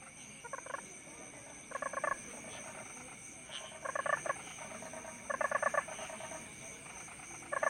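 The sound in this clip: Several toads giving short rattling pulsed trills, bursts alternating between louder and fainter callers, with a steady high hiss behind.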